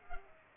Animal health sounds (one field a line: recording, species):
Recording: mosquito wingbeat signal from an infrared sensor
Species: Culex pipiens